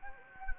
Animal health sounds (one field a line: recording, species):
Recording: mosquito wingbeat signal from an infrared sensor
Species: Anopheles gambiae